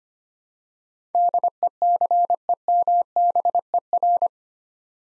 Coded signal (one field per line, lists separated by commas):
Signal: Morse code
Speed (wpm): 25 wpm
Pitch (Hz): 700 Hz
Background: none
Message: DECEMBER